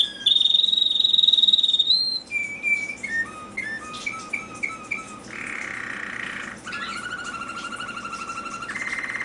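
American singer canary song: a long high whistled note, then descending chirps, quick repeated notes, a buzzy burst and a sustained lower trill with rapid pulsing.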